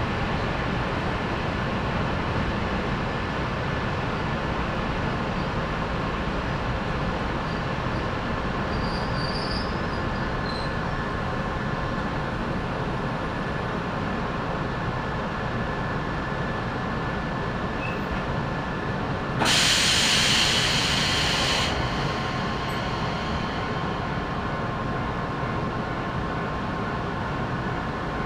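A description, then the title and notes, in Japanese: A train rolls along the Sangi Railway with a steady, dense rumble, and a bright wheel squeal cuts through for about two seconds near the twenty-second mark. 三岐鉄道三岐線 西藤原→北勢中央公園口。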